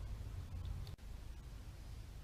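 An LED headlight bulb is handled at the headlight housing after being lined up, with a steady low rumble and hiss throughout. Two faint ticks are heard, one at about 0.7 s and a brief sharper one at 0.9 s. Nothing has seated or clicked yet.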